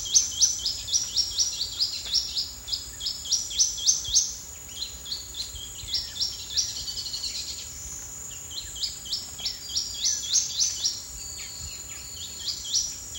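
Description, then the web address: Plain Xenops with fast strings of thin, sharp rising notes, loudest in the first few seconds, then quieter and more broken, over a persistent high-pitched drone. Calling at 09:03. "GLOTIN EXPLOLODGE bird samples xenopsminutus LIFECLEF 2014 BIRDAMAZON"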